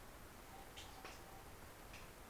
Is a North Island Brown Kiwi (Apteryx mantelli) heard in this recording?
no